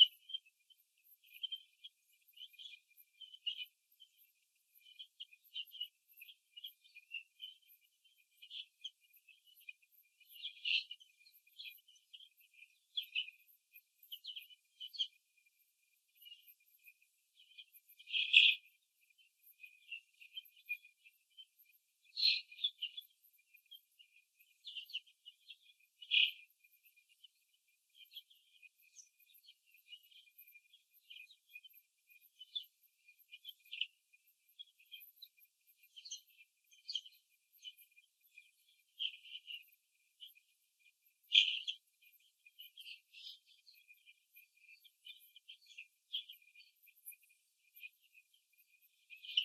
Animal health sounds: young laying hens in a cage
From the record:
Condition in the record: after the stressor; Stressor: simulated dog barking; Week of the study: 2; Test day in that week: 3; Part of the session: 1

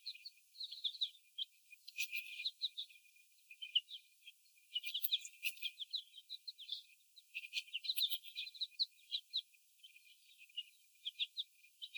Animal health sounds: young laying hens in a cage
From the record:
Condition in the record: before the stressor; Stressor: sudden umbrella opening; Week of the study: 1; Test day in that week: 1

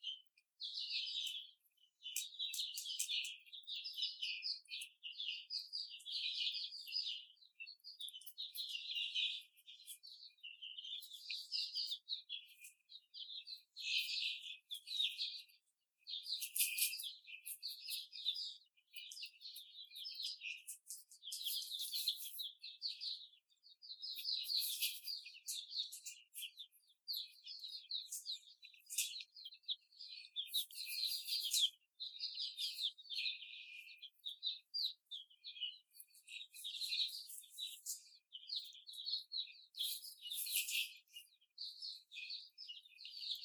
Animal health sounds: young laying hens in a cage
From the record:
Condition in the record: before the stressor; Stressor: simulated dog barking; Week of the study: 4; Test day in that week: 2

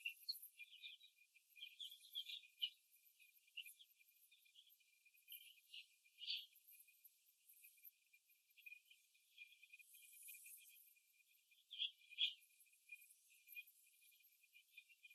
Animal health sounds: young laying hens in a cage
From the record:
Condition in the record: after the stressor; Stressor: simulated dog barking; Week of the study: 2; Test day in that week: 2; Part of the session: 4

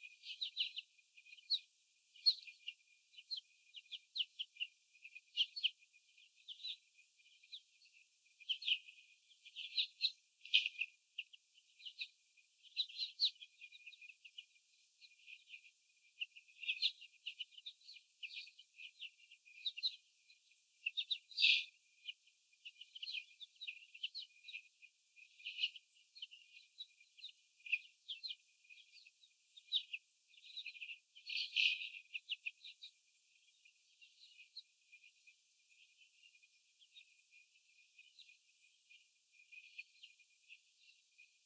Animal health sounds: young laying hens in a cage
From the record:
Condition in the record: after the stressor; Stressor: sudden umbrella opening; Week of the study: 3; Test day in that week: 2

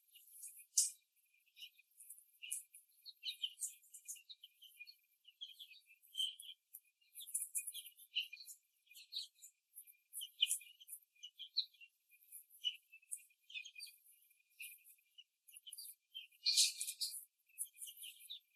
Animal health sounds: young laying hens in a cage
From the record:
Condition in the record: after the stressor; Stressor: simulated dog barking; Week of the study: 3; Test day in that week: 1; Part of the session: 4

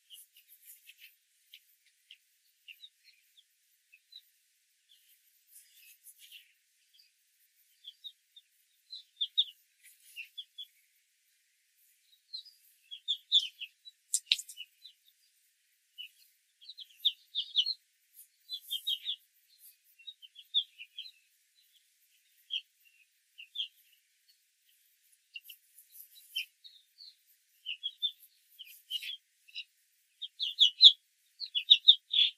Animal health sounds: young laying hens in a cage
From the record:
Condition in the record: control cage, after the stress test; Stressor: none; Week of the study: 4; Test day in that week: 1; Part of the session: 1

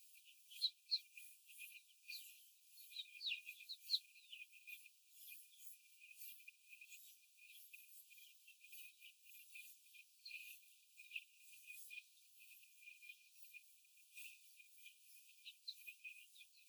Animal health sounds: young laying hens in a cage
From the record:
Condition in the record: after the stressor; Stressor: simulated dog barking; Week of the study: 4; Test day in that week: 1

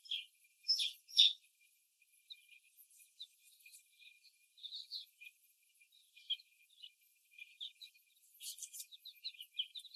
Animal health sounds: young laying hens in a cage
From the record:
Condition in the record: before the stressor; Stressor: simulated dog barking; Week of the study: 1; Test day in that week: 1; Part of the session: 3

